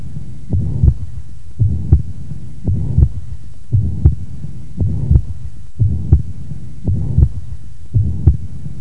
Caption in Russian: Четвертой точке аускультации появление систолического шума свидетельствует о наличии недостаточности трикуспидального клапана она носит функциональный характер и развивается вследствие дилатации правого желудочка и растяжения кольца трикуспидального клапана. Первый тон, как правило, ослаблен. Систолический шум трикуспидальной недостаточности.